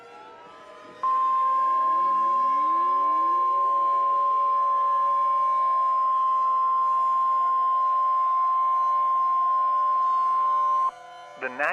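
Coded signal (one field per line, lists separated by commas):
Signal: Emergency Alert System (SAME) tones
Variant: 1050 Hz attention tone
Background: speech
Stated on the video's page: Fictional EAS scenario.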